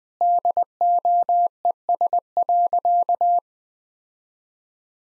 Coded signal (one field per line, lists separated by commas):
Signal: Morse code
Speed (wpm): 20 wpm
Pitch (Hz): 700 Hz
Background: none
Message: DOES.